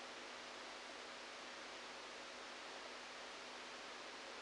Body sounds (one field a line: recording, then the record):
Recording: brain microelectrode recording played as sound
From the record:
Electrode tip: outside the subthalamic nucleus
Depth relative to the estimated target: 4 mm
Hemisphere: right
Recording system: NeuroSet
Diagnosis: Parkinson's disease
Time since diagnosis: 14 years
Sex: male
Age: 51 years